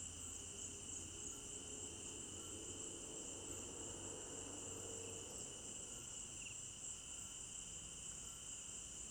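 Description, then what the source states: Crickets keep up a continuous high trilling chorus while a low, soft mechanical hum swells and fades in the middle. Crickets recorded at night in an African village garden; stereo binaural recording.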